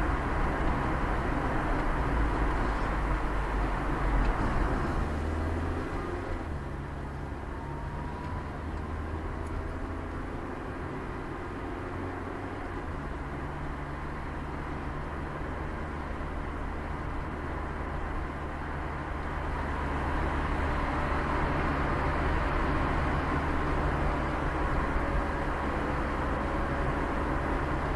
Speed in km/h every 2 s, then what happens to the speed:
50, 45, 38, 31, 23, 16, 3, 4, 5, 9, 15, 21, 26, 29.
0-12 brakes to 3. 12-17 steady at about 4. 17-28 speeds up to 29.